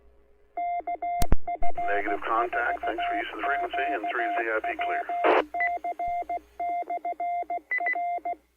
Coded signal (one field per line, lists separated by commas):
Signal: Morse code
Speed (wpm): 16 wpm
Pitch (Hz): 700 Hz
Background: speech, radio noise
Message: KF4QWC/R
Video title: 🟡Tropical Storm Elsa LIVE Amateur Radio Feeds